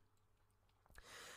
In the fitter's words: then it locally just snaps into place just like that